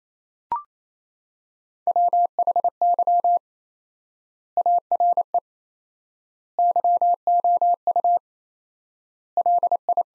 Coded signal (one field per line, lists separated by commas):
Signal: Morse code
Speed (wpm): 27 wpm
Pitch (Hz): 700 Hz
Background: none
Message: WHY ARE YOU LI